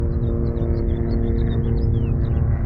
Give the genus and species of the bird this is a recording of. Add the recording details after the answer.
Haemorhous mexicanus. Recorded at Breezy Point on Long Island, New York, on 4 June 1975. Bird B